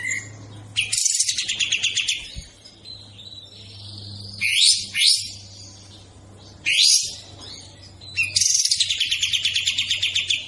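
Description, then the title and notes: Bird song: a trilled burst of quick high notes, several loud rasping upward sweeps, then another trilled burst. Melodious bird sound, used as a ringtone. "Burung Dengan Suara Merdu"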